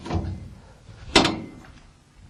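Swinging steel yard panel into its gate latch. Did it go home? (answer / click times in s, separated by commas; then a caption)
yes / 1.2 s. A steel cattle-yard panel is swung around, turning inside out, into its gate latch. A low scraping rumble of the moving panel is followed by a sharp, loud metallic slam at 1.2 s that rings briefly. The panel latches and locks in its new position.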